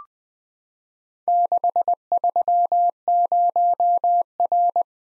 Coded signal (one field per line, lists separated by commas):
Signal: Morse code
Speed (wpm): 20 wpm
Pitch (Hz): 700 Hz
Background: none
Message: 630R